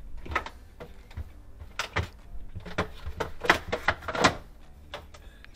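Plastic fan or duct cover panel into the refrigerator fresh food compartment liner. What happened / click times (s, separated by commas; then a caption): A plastic interior panel snaps into place / 3.5 s. A plastic fan or duct cover panel is pressed back into the fresh food compartment liner of a GE refrigerator after the wiring harness is fed back through the hole. A series of sharp knocks and rattles leads to a distinct click at 3.5 s as the panel seats into place.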